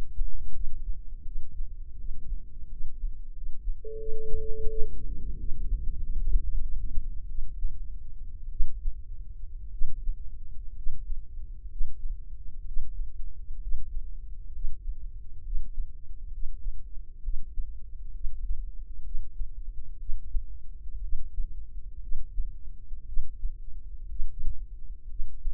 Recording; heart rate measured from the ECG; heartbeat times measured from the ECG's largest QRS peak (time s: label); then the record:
heart sounds by microphone in the left ear; 68 bpm
0.52 s: heartbeat
1.23 s: heartbeat
1.96 s: heartbeat
2.68 s: heartbeat
3.32 s: heartbeat
3.96 s: heartbeat
4.66 s: heartbeat
5.36 s: heartbeat
5.99 s: heartbeat
6.60 s: heartbeat
7.27 s: heartbeat
8.50 s: heartbeat
9.71 s: heartbeat
10.74 s: heartbeat
11.68 s: heartbeat
12.64 s: heartbeat
13.59 s: heartbeat
14.51 s: heartbeat
15.42 s: heartbeat
16.30 s: heartbeat
17.21 s: heartbeat
18.11 s: heartbeat
19.02 s: heartbeat
19.97 s: heartbeat
21.00 s: heartbeat
21.99 s: heartbeat
23.05 s: heartbeat
24.07 s: heartbeat
25.07 s: heartbeat
From the record:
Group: healthy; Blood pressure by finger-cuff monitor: 94/61 mmHg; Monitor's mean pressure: 75 mmHg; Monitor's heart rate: 66 bpm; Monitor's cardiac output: 5.7 L/min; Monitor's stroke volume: 85 mL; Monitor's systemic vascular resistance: 850 dyn s/cm5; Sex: female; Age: 22 years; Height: 157 cm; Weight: 47.6 kg